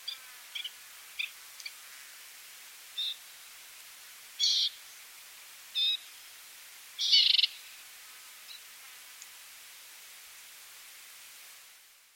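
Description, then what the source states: Mountain warbler calls: soft short chirps at first, then three louder rasping buzzy bursts about every one and a half seconds, followed by quiet. Bird call.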